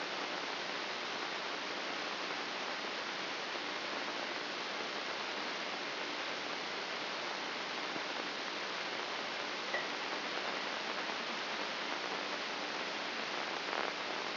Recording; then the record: brain microelectrode recording played as sound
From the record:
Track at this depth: inside the subthalamic nucleus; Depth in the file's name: 4.23 mm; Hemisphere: left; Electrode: 2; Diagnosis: Parkinson's disease